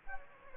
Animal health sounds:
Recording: mosquito wingbeat signal from an infrared sensor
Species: Anopheles gambiae

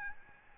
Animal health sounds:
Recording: mosquito wingbeat signal from an infrared sensor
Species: Aedes albopictus

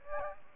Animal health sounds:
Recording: mosquito wingbeat signal from an infrared sensor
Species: Aedes aegypti

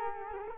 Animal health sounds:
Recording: mosquito wingbeat signal from an infrared sensor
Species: Culex quinquefasciatus

